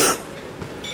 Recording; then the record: coughing mixed with background sound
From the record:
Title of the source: 34 coughing up crap again